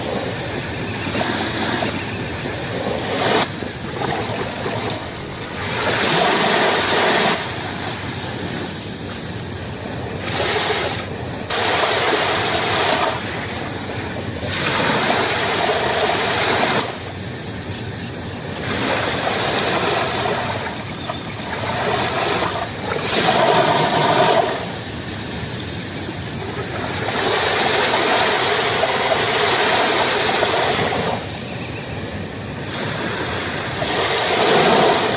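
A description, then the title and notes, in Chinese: Ocean waves and flowing water make a dense, continuous rushing hiss that never drops out. Brighter surges swell in every few seconds, around 4, 7, 11, 16, 23 and 31 seconds, then ease back into the steady wash, with a soft low rumble beneath. 小河,溪水。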